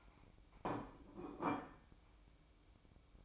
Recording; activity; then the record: daily activity, microphone in the room; place plate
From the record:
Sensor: 1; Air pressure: 1007.5 hPa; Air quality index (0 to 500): 78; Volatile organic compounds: 1 ppm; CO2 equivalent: 677 ppm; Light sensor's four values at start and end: 8/19/7/8 and 8/19/7/8